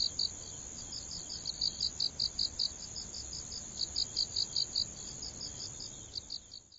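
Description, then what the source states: Autumn insect chirping in quick high pulses, loosely grouped, over a continuous shrill whine and steady background hiss. Autumn insects heard in autumn.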